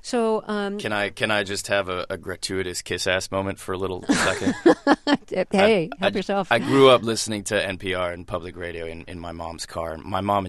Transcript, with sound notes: So...
Can I just have a gratuitous kiss-ass moment for a little second?
(SOUNDBITE OF LAUGHTER)
Hey, help yourself.
I grew up listening to NPR and public radio in my mom's car.